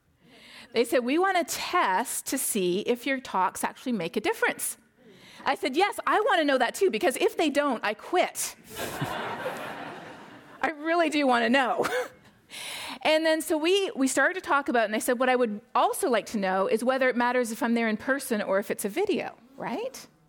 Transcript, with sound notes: They said, we wanna test to see if your talk actually make a difference. I said yes, I wanna know that too because if they don't, I quit.
[Laughter]
I really do want to know. And then so we started to talk about and they said what I would also like to know is whether it matters if I’m there in person or if it’s a video, right.